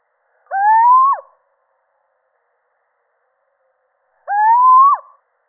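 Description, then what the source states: Little owl calling, two drawn-out rising whistled hoots, each about three quarters of a second long and ending in a sharp downward flick, spaced nearly four seconds apart; otherwise silent. Male.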